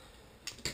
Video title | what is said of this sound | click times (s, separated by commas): DIY - Close Pin Shooter Dangerous Book of Denver | on this side push this forward so it notches and you can hear that click | 0.5 s, 0.7 s